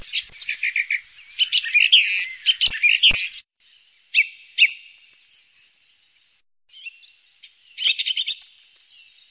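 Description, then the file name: Song thrush song: short bursts of varied, sharp, high notes, with brief pauses between phrases and a few thin whistled notes in the quieter middle stretch. "Śpiewak"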